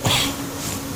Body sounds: coughing mixed with background sound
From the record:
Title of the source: Spring Allergy Coughing

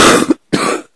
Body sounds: coughing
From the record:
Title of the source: 60 coughing still (deep and wet cough)

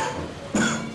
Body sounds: coughing mixed with background sound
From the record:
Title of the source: Wet Throat Infection Cough

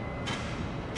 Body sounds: background sound without coughing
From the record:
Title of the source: 30 MINUTES Construction Site Ambience (CC BY 4.0)

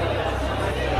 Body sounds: background sound without coughing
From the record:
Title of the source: CITY SOUNDS Busy Bar in the Evening Night - 2 HOURS of Ambiance for Relaxation

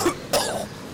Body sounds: coughing mixed with background sound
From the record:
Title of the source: Coughing 79

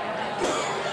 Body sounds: coughing mixed with background sound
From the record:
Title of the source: Mid-morning Winter Coughing Fit

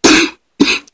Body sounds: coughing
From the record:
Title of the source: 64 coughing, allergies, singing lungs

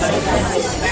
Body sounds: background sound without coughing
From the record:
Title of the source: Nightlife Party Simulating Party Club Noise 1 Hour

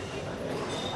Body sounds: coughing mixed with background sound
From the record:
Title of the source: Coughing 77

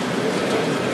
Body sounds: background sound without coughing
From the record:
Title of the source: Office Sounds Ambience - Background Noise for Study and Work

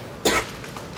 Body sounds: coughing mixed with background sound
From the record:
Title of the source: 61 morning phlegmy cough...again

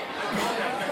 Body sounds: coughing mixed with background sound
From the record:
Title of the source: Man Coughing Sound - Wet Cough Sound Effect

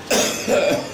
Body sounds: coughing mixed with background sound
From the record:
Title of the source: Spring Cold Coughing 3

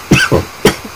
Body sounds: coughing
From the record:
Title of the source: Dry Afternoon Cough

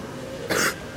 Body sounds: coughing mixed with background sound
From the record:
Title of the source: 30 Chesty and wet cough

